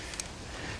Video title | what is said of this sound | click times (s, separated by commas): John Deere LA 145 Throttle/Choke Lever/Cable Replacement In 4K | should just snap right in there and | 0.2 s